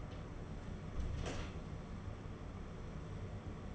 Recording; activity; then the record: daily activity, microphone in the room; close door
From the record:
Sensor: 4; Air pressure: 1016.0 hPa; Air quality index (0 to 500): 207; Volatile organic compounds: 12 ppm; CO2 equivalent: 2356 ppm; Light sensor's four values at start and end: 9/20/8/7 and 9/20/8/7